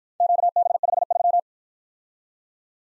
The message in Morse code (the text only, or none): QB53